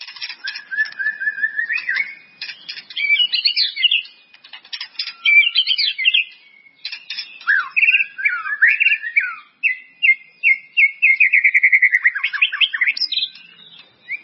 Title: murai batu